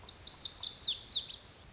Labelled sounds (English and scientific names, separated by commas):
Lazuli Bunting (Passerina amoena)